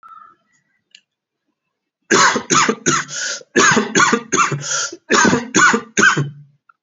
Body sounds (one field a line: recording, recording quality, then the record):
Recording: shallow voluntary cough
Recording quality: excellent, no background noise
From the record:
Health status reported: healthy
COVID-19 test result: negative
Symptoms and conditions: cold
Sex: male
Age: 23 years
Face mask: not worn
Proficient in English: yes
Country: India